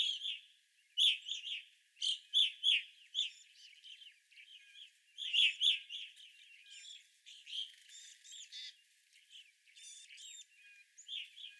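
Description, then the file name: Evening grosbeaks giving sharp chirps in tight clusters of two or three, followed by fainter chatter. Several evening grosbeaks recorded on 25 April 2021. "2021-04-25 Evening Grosbeaks"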